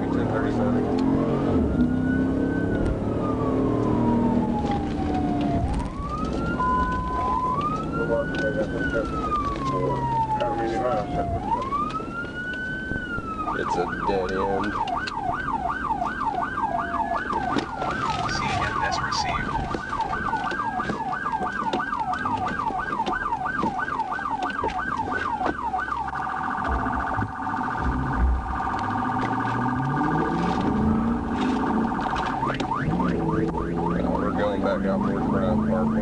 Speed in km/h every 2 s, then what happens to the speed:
90, 100, 100, 85, 69, 56, 45, 35, 31, 16, 8, 0, 8, 11, 26, 47, 60, 77.
4-19 brakes to 8. 19-26 steady at about 8. 26-36 speeds up to 77.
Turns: 14-23.